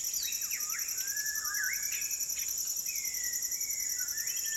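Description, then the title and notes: White-crowned shama whistles, looping and drawn-out notes scattered throughout, set against loud continuous high-pitched insect buzzing. Several birds giving fluting calls in a dusk chorus at sunset over a rainforest valley in Maliau NP, Borneo; recorded with Sony PCM D10, Lom MikroUsi mics and BubbleBee Windbubbles. "Borneo Rainforest - Evening - Dusk Chorus With Shama. The fluting calls of White-crowned shamas fill the valley as the sun sets over the jungles of Maliau NP, Borneo"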